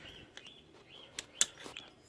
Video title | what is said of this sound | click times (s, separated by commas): Motorcycle Fork Seals Repair (Part 1) | simply just push it in you'll hear it click there's | 1.4 s